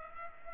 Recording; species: mosquito wingbeat signal from an infrared sensor; Culex pipiens